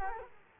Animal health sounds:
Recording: mosquito wingbeat signal from an infrared sensor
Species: Culex quinquefasciatus

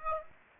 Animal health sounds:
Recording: mosquito wingbeat signal from an infrared sensor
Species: Aedes aegypti

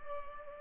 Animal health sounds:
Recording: mosquito wingbeat signal from an infrared sensor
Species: Culex pipiens

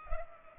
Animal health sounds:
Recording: mosquito wingbeat signal from an infrared sensor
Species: Culex pipiens

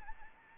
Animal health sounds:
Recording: mosquito wingbeat signal from an infrared sensor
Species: Anopheles gambiae

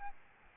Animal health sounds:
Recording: mosquito wingbeat signal from an infrared sensor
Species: Aedes albopictus

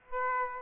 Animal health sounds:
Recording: mosquito wingbeat signal from an infrared sensor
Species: Aedes aegypti

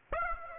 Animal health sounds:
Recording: mosquito wingbeat signal from an infrared sensor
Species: Aedes aegypti

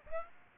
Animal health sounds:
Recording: mosquito wingbeat signal from an infrared sensor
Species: Aedes aegypti

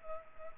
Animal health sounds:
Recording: mosquito wingbeat signal from an infrared sensor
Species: Culex pipiens

